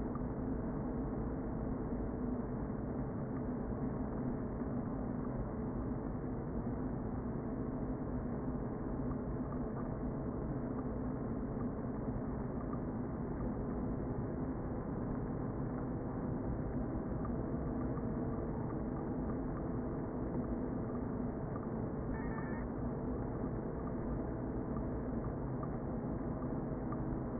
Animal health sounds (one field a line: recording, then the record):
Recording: honeybee colony, microphone inside the hive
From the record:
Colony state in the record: queen present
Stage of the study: before two queens were removed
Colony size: about 60,000 bees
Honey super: yes